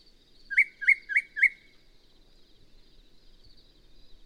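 Yellow-breasted Chat song phrase of four quick, clear whistled notes over about a second, followed by quiet; a faint steady high drone in the background.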